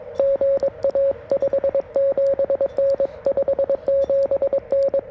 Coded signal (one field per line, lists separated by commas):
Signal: Morse code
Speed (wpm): 22 wpm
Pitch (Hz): 560 Hz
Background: music, radio noise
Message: GA 57N 57N